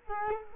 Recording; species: mosquito wingbeat signal from an infrared sensor; Culex quinquefasciatus